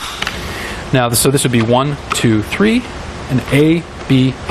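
After the toe position of a Yakima roof rack tower on a 2013 Ford Fusion is set to the center (number two) position, the tower bolt is tightened with a clicking torque tool. Two quick clicks sound at 0.2 s and 0.3 s, the tool's two-click torque signal. Someone then talks over a steady background hiss.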